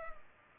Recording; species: mosquito wingbeat signal from an infrared sensor; Culex pipiens